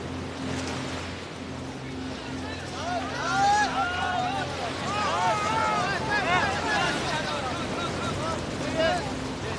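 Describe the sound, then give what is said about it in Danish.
Several voices shout and call out from a large grey rubber boat heading in toward the coast, over steady surf and wind, with a low engine drone humming underneath; the overlapping cries grow busier partway through. “Nu kan man høre dem ud på båden.”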